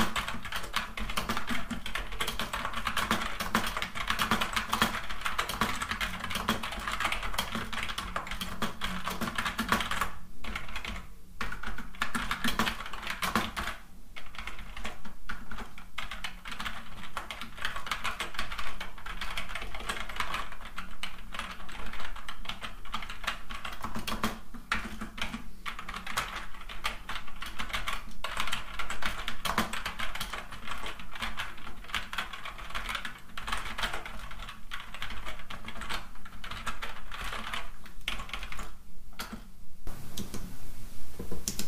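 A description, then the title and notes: Fast typing on a keyboard runs continuously for the whole stretch, a dense stream of quick, crisp key clicks with no real pauses. Brief gaps around ten to fifteen seconds and near the end barely interrupt the rapid, bright tapping, and a low steady hum sits underneath. Fast Keyboard Typing - No Talking.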